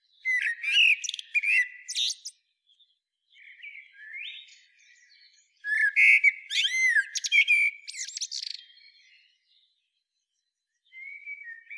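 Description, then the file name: Eurasian blackbird song: two phrases of fluted whistles, each breaking into high scratchy twitters, with quieter warbling between them and a soft whistled fragment at the end. "Turdus merula"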